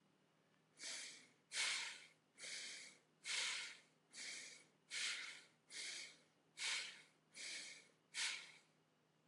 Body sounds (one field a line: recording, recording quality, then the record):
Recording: shallow breathing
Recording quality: excellent, no background noise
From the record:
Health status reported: healthy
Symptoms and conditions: none ticked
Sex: male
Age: 26 years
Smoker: not ticked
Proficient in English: yes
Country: India